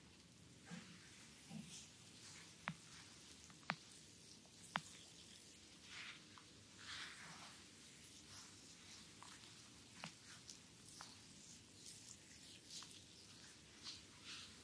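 A visceral belly massage: soft wet squishes and little clicks on a stomach, scattered irregularly through the whole clip. A few sharper snaps stand out around three to five seconds. Beneath them runs a steady low rumbling hum.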